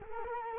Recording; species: mosquito wingbeat signal from an infrared sensor; Culex quinquefasciatus